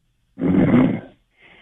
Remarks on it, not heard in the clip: He's sleeping. You can hear him snoring in the background. He was on hold for about 32 minutes. He was in bed probably and just fell asleep.